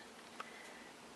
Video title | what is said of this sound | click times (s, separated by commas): How to make an Artfelt Teddy Bear | place you should hear it click in place and now you can swivel the hedge round | 0.4 s